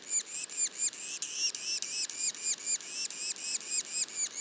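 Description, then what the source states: Yellow-bellied sapsucker calls, rasping hooked squeals repeated in a rapid, steady series. Juveniles, Mont-Orford National Park, Quebec.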